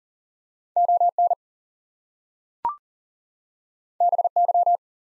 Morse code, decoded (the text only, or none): ON BY